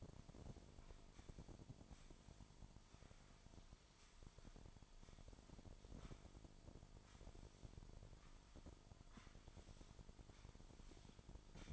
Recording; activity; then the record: daily activity, microphone in the room; sweep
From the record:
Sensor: 5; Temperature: 24.7 degrees Celsius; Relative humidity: 41.5%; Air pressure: 1003.2 hPa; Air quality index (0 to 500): 131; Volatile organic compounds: 1 ppm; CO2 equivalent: 963 ppm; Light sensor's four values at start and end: 45/108/45/50 and 46/109/46/51